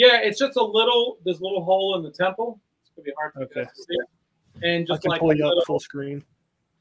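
Someone talks while handling the small nub on the end of a sunglasses retainer strap, about to fit it into the little hole in the frame temple. The clip is mostly speech with brief pauses, and the plug has not popped in or seated yet.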